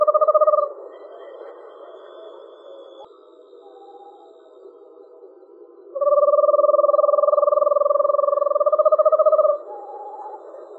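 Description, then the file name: Eastern screech owl trilling in fast, even pulses at a level low pitch: a brief burst at the start, then a long trill of about three and a half seconds, with soft hiss between. Deep monotone whinny. "eastern screech owl deep monotone whinny"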